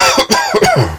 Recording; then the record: coughing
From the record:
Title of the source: Dry Coughing Fit in the Afternoon.